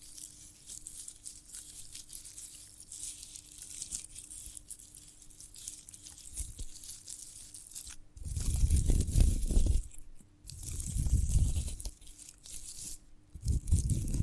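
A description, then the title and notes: Handling of a sprouted coconut: for the first eight seconds only faint crackles and soft ticks over a quiet hiss and a steady low hum. From about eight seconds, louder bursts of rough, crunchy rubbing and tearing come in three clusters, with short pauses between. ASMR of a Sprouted Coconut (No Talking).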